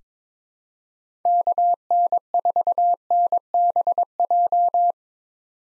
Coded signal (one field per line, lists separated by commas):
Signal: Morse code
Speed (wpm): 22 wpm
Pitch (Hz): 700 Hz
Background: none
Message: KN4NBJ